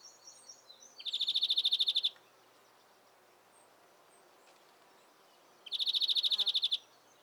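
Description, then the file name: European greenfinch calls: two rapid trilled bursts of about a dozen buzzy notes each, roughly one second long and separated by several seconds, with faint other bird chirps early on. "Chloris chloris"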